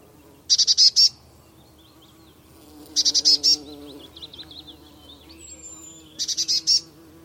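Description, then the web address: Eurasian blue tit giving three bursts of fast, buzzy high-pitched notes a few seconds apart, with faint thin notes between and a low hum. "Deverinetal Bird Only Cy Ca"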